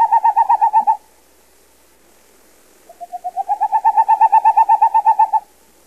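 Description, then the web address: Boreal owl staccato hooting song: a rapid, even series of hollow toots, first a short burst of several notes, then a longer rising, swelling run of many notes. North America. "Songs of Birds of North America Stokes. Boreal Owl"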